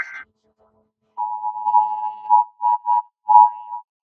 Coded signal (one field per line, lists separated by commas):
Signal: Emergency Alert System (SAME) tones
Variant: 853 and 960 Hz attention tone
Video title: EAS Tones Csupo